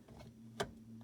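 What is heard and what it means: After replacing the batteries, the battery compartment cover of an electronic safe keypad is put back on at a slight angle and snaps into place with a sharp little click at 0.6 s. A faint steady low hum runs underneath, with softer small sounds near 0.1 s and 1.0 s. The cover is seated back on and sturdy.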